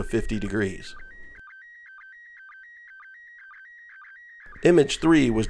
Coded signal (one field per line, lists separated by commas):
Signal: SSTV (slow-scan television)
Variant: PD 120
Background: speech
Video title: International Space Station - Slow Scan Television - December 2021